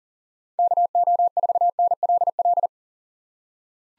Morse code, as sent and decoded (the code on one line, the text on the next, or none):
-.- --- ....- -. .-.. .-..
KO4NLL